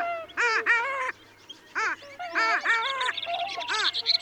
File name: Moretta Codona